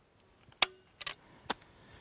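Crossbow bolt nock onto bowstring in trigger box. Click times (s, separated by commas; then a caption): 0.6 s. A bolt is dropped into the trigger shoe box of a cocked 2020 AX405 crossbow from AXE Crossbows, lined up and pushed back until its nock snaps onto the bowstring with a sharp click at 0.6 s. Softer clicks follow around 1.0–1.1 s and at 1.5 s over a steady high-pitched hiss. The bolt is seated on the string.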